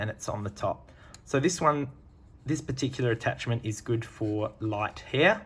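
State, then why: Not seated. The smallest attachment, the gentle-air one for a Dyson Supersonic hair dryer, is handled near the dryer outlet it attaches to by magnet, while someone talks throughout. Nothing has seated or clicked onto the outlet yet.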